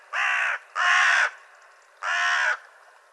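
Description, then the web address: Bird calling with three loud, harsh, grating caws, each about half a second long, the last after a longer pause. "cianscape birddata Deverinetal 2025"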